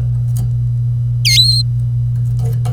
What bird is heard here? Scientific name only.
Serinus canaria